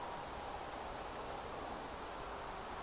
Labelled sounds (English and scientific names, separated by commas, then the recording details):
Redwing (Turdus iliacus)
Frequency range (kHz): Redwing (Turdus iliacus) 6.4-7.9 kHz
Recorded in France